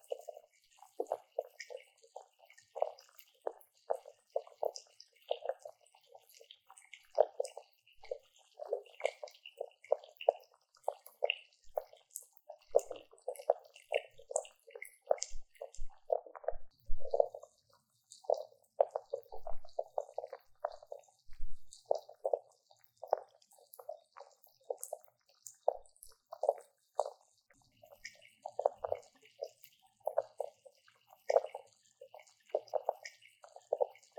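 Sparkling water fizzes right at the ears, a dense, constant crackle of tiny pops and ticks running the whole time. The bubbling sits mostly in a mid-pitched band, with a thin bright hiss above it and occasional soft low thumps underneath.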